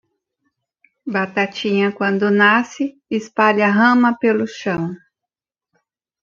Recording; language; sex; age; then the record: short text; Brazilian Portuguese; female; 30 to 39 years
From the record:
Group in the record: control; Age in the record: 33 years